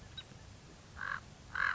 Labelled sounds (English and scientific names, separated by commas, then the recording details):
Common Raven (Corvus corax)
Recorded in Sonoma County, California